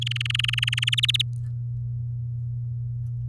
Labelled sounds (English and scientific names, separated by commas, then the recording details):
Domestic Canary (Serinus canaria) song
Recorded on 7 May 2018 at 14:06
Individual llb16